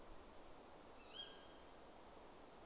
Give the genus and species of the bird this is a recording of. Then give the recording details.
Strix aluco. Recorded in Germany. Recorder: ecoPi